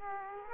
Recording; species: mosquito wingbeat signal from an infrared sensor; Aedes aegypti